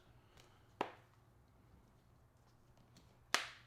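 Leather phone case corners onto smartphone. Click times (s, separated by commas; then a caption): 0.8 s, 3.3 s. Each lower corner of a full-grain leather phone case is pressed over a smartphone, giving two sharp clicks at 0.8 s and 3.3 s as the corners snap home, with fainter ticks just before each. The case is seated with nice clicks, though these lower corners click slightly weaker than the top corners.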